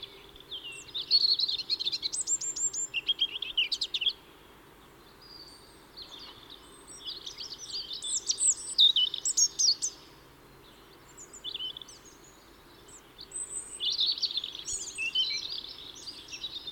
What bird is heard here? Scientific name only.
Erithacus rubecula